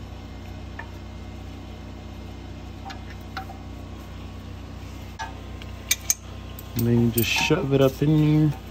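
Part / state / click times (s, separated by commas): oil pickup tube with o-ring into engine oil pump / not seated / none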